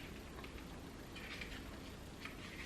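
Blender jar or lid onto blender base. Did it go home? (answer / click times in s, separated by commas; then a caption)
no / none. A blender jar or its lid is handled and fitted onto the blender base while making Irish cream, pushed so it will lock in place. Only soft, steady handling rustle and faint scrapes are heard, with no sharp hits. Nothing has seated or clicked yet.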